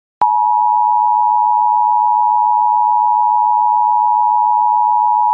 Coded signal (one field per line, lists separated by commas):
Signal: Emergency Alert System (SAME) tones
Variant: 853 and 960 Hz attention tone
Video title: EAS MOCK: Louisville Flash Flood Warning